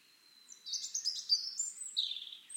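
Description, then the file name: European robin delivering a high-pitched tinkling warble of rapid notes, opening with a thin drawn-out whistle. "Erithacus rubecula"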